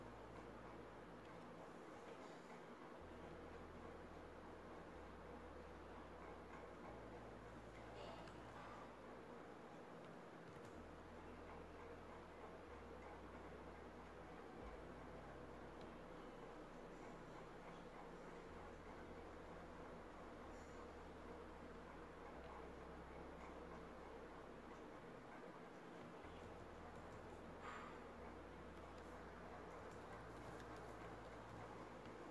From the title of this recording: cozy home ambience